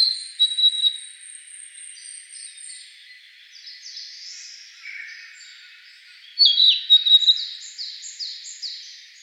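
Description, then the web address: Narcissus flycatcher singing: varied high whistled phrases, a bright burst at the start and a louder run of quick, descending slurred notes after six seconds, with quieter notes between. 27 May 2013. "birdenaga kibitaki S 130527"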